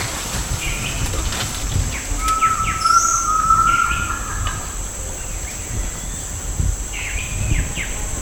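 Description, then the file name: Bird holding a level whistled note for over a second, amid scattered short chirps and a constant high hum. "SABIOD 50 bird 2015"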